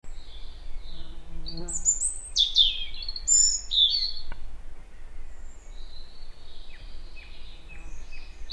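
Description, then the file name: European robin delivering a quick cascade of high, liquid notes that slide up and down, trailing off into soft, lower chirps and thin whistles. "Erithacus rubecula"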